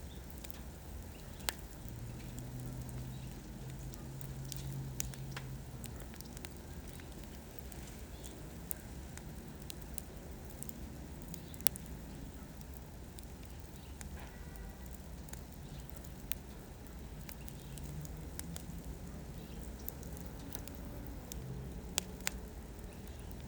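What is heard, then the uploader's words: A wood campfire crackles in a backyard, its sparse, sharp pops scattered unevenly, with louder snaps near 12 and 22 seconds. Underneath runs a steady low rumble, and a faint droning hum rises early on and again around 18 to 20 seconds. Backyard sounds with a fire in Phoenix Arizona | Wind sounds | Camp fire | Wood burning. Crackling campfire.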